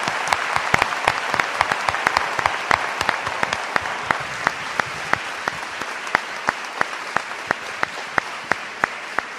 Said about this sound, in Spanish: Bien, pues le damos un gran aplauso